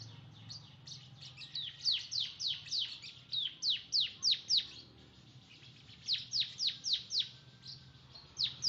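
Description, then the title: Oriental magpie-robin song of rapid, bright, falling whistled notes, delivered in long runs about four per second, with a short break midway and a soft low hum beneath. "Kicau Kacer"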